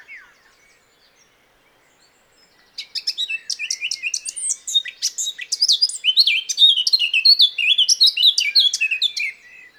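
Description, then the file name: Eurasian blackcap song after nearly three seconds of near silence, a dense, energetic warble of rapid whistles and trills. "Sylvia atricapilla"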